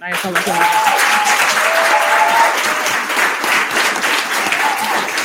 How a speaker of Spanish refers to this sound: Exacto, y vosotros quiero que les deis un aplauso.